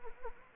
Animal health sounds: mosquito wingbeat signal from an infrared sensor; Anopheles arabiensis

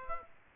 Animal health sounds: mosquito wingbeat signal from an infrared sensor; Aedes aegypti

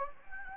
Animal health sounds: mosquito wingbeat signal from an infrared sensor; Anopheles gambiae

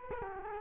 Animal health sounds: mosquito wingbeat signal from an infrared sensor; Culex quinquefasciatus

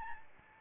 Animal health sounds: mosquito wingbeat signal from an infrared sensor; Aedes albopictus

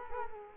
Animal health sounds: mosquito wingbeat signal from an infrared sensor; Culex quinquefasciatus

